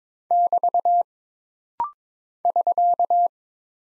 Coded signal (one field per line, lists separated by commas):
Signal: Morse code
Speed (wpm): 23 wpm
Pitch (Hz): 700 Hz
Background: none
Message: <BT> <SK>